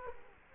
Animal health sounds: mosquito wingbeat signal from an infrared sensor; Culex quinquefasciatus

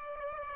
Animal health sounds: mosquito wingbeat signal from an infrared sensor; Aedes aegypti

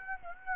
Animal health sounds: mosquito wingbeat signal from an infrared sensor; Aedes aegypti

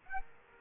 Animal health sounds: mosquito wingbeat signal from an infrared sensor; Aedes aegypti

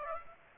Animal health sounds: mosquito wingbeat signal from an infrared sensor; Aedes aegypti

